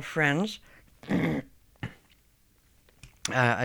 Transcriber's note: she clears her throat